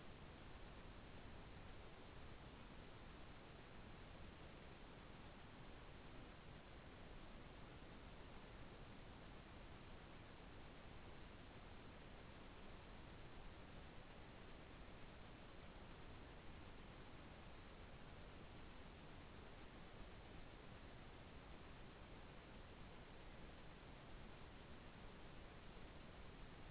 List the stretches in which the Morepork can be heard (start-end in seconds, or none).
none